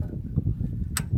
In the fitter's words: That clicks in place.